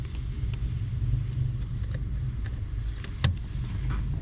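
A wiring harness connector is pushed onto the brake pedal switch under the dash of a Nissan Altima, as part of a no-start fix. Over a low, steady rumble, a few faint ticks come before a sharp final click at 3.2 s, and the connector is seated.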